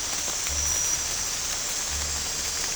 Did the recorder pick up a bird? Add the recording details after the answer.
no. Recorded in dense forest near Puerto Asís, Putumayo, Colombia, on 15 December 2024 at 04:00. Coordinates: 0.499, -76.324. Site G045